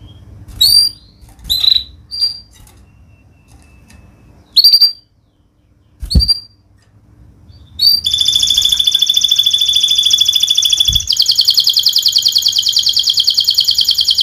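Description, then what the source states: Canary: scattered short high call notes with pauses and a couple of knocks, then an extended rapid rattling trill lasting about six seconds. Canary (kenari) in active full song ('gacor'), featuring prized melodic turns ('cengkok') and fill phrases ('isian'), from the Indonesian songbird hobby scene.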